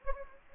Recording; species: mosquito wingbeat signal from an infrared sensor; Anopheles gambiae